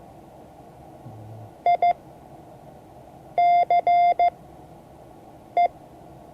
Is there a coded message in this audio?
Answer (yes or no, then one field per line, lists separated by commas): yes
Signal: Morse code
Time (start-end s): 1.7-5.7 s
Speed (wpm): 15 wpm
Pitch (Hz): 2100 Hz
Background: none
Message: ICE